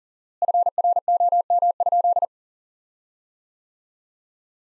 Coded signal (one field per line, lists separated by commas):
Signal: Morse code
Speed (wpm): 40 wpm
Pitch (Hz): 700 Hz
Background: none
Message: FROM?